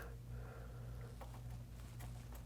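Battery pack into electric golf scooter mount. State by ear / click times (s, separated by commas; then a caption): not seated / none. A battery pack is handled at its mount on a Finn electric golf scooter, about to be pushed all the way in until it snaps into place. A low steady hum runs throughout, with light taps and handling noises, one sharper tick near 1.2 s. The battery has not yet seated or snapped into place when the clip ends.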